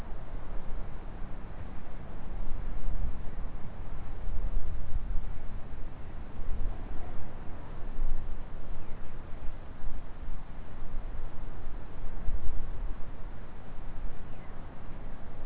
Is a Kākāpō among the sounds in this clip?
no